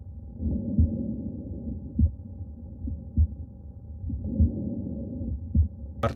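Slow, regular low-pitched heart sounds at about 50 beats a minute, with a soft hum between beats. An aortic ejection sound follows the first heart sound, a sign of a bicuspid aortic valve in an adult of about 50, heard here at the pulmonary point, the second intercostal space left of the sternum.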